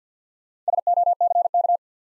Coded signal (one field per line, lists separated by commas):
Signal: Morse code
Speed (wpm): 50 wpm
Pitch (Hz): 700 Hz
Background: none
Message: SOCK